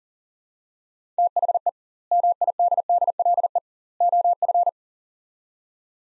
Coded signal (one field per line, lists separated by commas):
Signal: Morse code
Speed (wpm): 37 wpm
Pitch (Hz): 700 Hz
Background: none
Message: THE MIDDLE OF